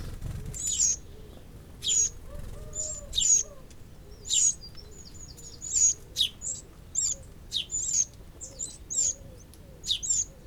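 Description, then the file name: Eurasian wren calling with hard, high ticks, sparse at first then quickening toward the end, with faint low hooting notes underneath. "Troglodytes troglodytes"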